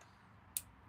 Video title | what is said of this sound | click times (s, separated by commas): Mike Mancuso is live and is working on my bike! 💪🏼💪🏼 | Third click. | 0.6 s